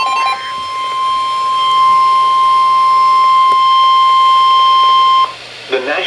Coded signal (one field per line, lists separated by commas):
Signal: Emergency Alert System (SAME) tones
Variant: 1050 Hz attention tone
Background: speech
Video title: Hugh Jass Warnings... EAS Alerts from 6/24/19 (EAS #2,811 - 2,825)